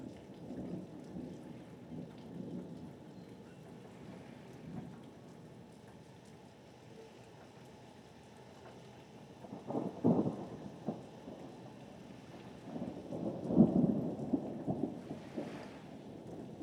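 A thunderstorm rumbles over Martha's Vineyard, with low, rolling thunder swelling and fading in the first few seconds. A steady hiss of rain runs throughout, and two sharper, louder cracks of thunder break in around ten and fourteen seconds, each trailing off in uneven rumbles.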